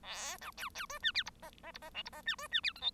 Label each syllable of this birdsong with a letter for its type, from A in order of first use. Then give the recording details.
A B C C D E F G H H G H I G H E D E F J K. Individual Bird1